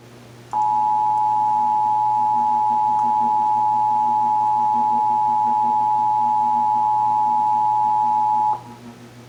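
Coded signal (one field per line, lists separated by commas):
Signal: Emergency Alert System (SAME) tones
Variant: 853 and 960 Hz attention tone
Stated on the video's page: Texas Required Monthly Test, March 2024, as carried on multiple radio and TV stations.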